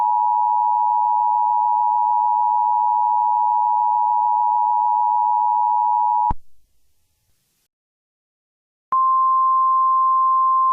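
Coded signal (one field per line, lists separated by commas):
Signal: Emergency Alert System (SAME) tones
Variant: 853 and 960 Hz attention tone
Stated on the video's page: Fictional EAS scenario.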